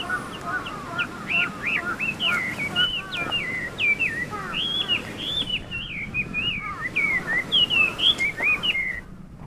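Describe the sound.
Chinese hwamei with a continuous, loud song of melodious whistles, rising and falling slurs and quick repeated notes, over faint background hiss.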